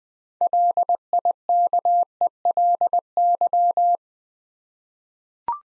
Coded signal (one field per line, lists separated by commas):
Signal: Morse code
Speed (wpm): 20 wpm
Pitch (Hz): 700 Hz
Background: none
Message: LIKELY